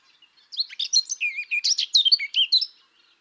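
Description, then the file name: Eurasian blackcap delivering a brisk warbling phrase of varied sweet, slurred high notes, roughly two seconds long, starting and stopping abruptly. "Sylvia atricapilla"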